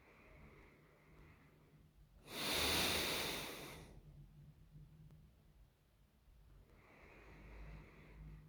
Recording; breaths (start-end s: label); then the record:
nose breathing near a microphone
0.00-2.05 s: inhalation
2.05-4.07 s: exhalation
6.37-8.48 s: inhalation
From the record:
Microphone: phone